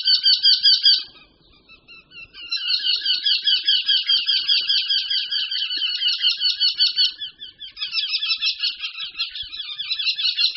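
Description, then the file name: Eurasian wryneck calling in long, overlapping runs of rapid nasal notes with a brief lull near the start. "Krutihlav-obecný"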